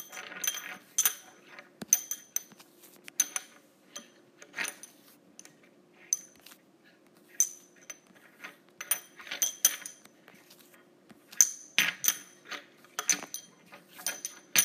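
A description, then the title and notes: Metal straws clink and tap in quick, irregular bursts, bright ringing ticks over a faint low hum, busiest near the end. ASMR Using Metal Straws.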